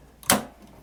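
A color print head is pushed with the thumb into the carriage of an HP Smart Tank 5000 printer. A faint tick at 0.2 s comes just before a sharp, bright click at 0.3 s that fades out, then a softer tap near 0.9 s. The print head clicks into place and is seated.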